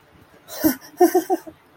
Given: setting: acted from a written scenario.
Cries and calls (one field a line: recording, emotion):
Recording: vocal sound without words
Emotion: positive surprise